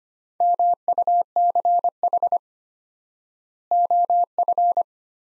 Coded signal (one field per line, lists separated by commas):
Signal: Morse code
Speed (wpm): 25 wpm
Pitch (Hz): 700 Hz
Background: none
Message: MUCH OF